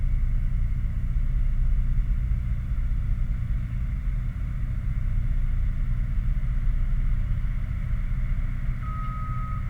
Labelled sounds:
machinery
flare stack
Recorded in the Prudhoe Bay oil fields, Alaska, on 11 August 2019 at 22:13
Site 29

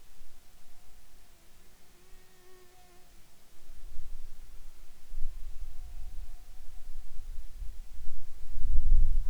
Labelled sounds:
insects
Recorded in the Arctic National Wildlife Refuge, Alaska, on 10 July 2019 at 18:18
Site 44

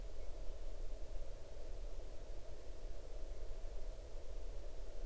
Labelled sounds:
near silence
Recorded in the Arctic National Wildlife Refuge, Alaska, on 8 June 2019 at 00:50
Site 40

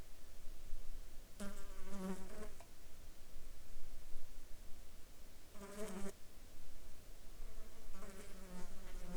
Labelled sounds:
insects
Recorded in the Arctic National Wildlife Refuge, Alaska, on 14 July 2019 at 20:25
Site 35

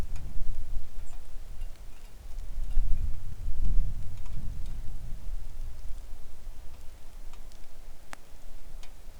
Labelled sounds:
songbird
wind
rain
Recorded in the Arctic National Wildlife Refuge, Alaska, on 3 August 2019 at 10:13
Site 41

